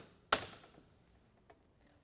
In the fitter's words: into place and we're rocking locking and rolling now